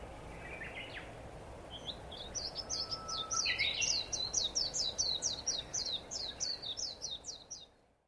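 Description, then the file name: Japanese white-eye song: a brief scratchy note, then a long, quick, high chattering warble of even notes with a thin whistle, over constant low background noise. "mejiro"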